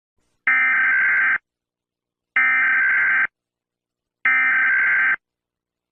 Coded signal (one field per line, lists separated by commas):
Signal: Emergency Alert System (SAME) tones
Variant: header bursts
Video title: A eas scenario